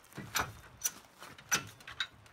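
The swing-away arm of a Rockymounts Backstage hitch bike rack is pushed back toward the vehicle, and its release-lever latch ratchets with a series of sharp metal clicks. The arm locks into place with loud clicks at about 0.9 s and 2.0 s.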